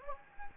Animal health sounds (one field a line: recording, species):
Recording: mosquito wingbeat signal from an infrared sensor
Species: Anopheles gambiae